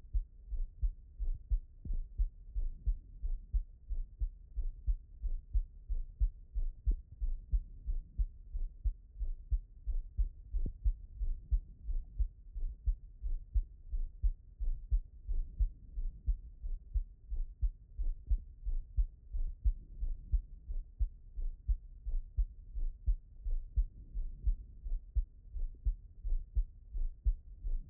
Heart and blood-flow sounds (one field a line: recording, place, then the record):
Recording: heart sounds by stethoscope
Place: pulmonary valve (PV)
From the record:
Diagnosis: non-HFrEF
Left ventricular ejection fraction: 69%